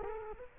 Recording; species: mosquito wingbeat signal from an infrared sensor; Culex quinquefasciatus